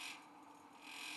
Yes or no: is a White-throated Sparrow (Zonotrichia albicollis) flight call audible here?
no